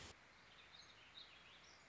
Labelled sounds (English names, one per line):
Warbling Vireo